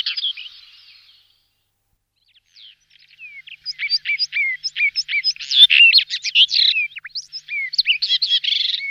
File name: Drozd pestryy kamennyy